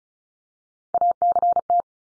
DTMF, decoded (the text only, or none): none